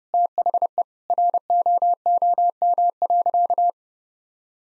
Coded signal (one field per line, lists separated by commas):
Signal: Morse code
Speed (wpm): 32 wpm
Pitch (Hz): 700 Hz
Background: none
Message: THE ROOM.